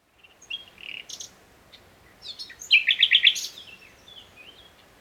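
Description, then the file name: Common nightingale song: scattered chirps building into a loud rapid trill of repeated notes, then fading twittering. "Luscinia megarhynchos"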